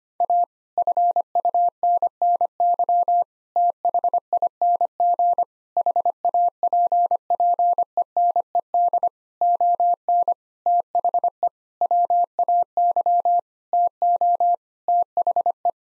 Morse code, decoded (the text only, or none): A FUNNY THING HAPPENED ON THE WAY TO THE